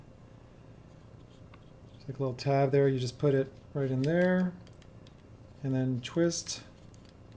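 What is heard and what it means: A sunglasses shade is fitted to a Google Glass smart-glasses frame: its tab is put into the frame and twisted, with a few faint, brief handling ticks under someone talking. Nothing has seated or snapped into place yet.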